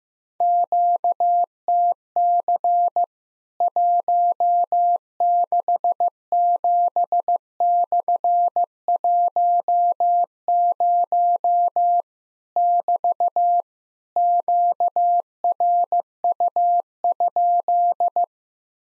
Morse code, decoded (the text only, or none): QTC 167/10 <BT> QRU?